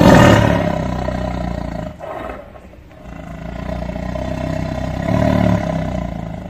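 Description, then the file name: Tiger making a deep, sustained growl, loud at the start, dipping briefly, then rumbling on with another swell near the end. "Tieng ho gam"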